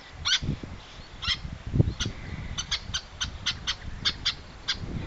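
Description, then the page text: Little tern calls, short sharp high notes given in irregular bursts with pauses between them, over a low rumbling background noise. "Albert Lastukhin - Малая крачка (Sterna albifrons)"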